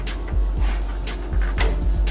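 The other end of a SATA cable is pushed into the motherboard's SATA port, with soft taps and handling noise over a steady low hum. A sharp click at 1.6 s marks the connector seating firmly in the port.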